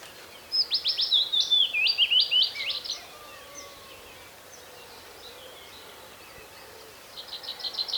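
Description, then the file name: Common Chaffinch song: a quick descending run of clear notes ending in a flourish, with a second phrase starting after a pause of about four seconds. "Fringilla coelebs"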